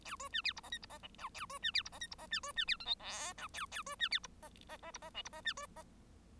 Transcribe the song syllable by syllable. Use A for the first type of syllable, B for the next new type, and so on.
A B C D E F G E F H I A B C D E F G E F C B C D J K L I A A B C D E F F F E F H E F C B F